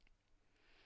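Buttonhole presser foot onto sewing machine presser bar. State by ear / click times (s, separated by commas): not seated / none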